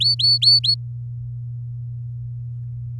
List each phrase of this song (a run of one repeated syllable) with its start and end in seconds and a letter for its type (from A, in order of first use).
0.00-0.74 A